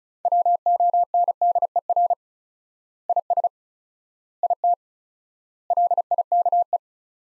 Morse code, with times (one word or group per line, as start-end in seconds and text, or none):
0.2-2.1 WONDER
3.1-3.5 IS
4.4-4.7 IT
5.7-6.8 LIKE